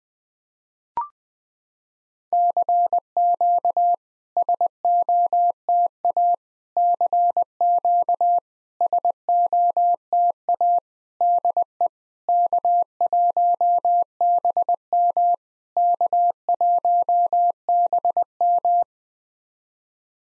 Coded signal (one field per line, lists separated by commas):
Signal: Morse code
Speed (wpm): 20 wpm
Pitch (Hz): 700 Hz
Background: none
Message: CQ SOTA CQ SOTA DE K1BM K1BM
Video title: SOTA QSO Practice 20wpm